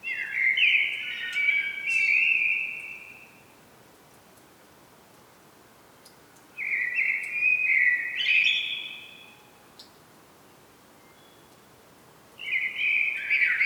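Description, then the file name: Common blackbird giving rich, flute-like phrases with a brief squeaky flourish, three phrases separated by pauses of a few seconds over quiet background. "Turdus merula"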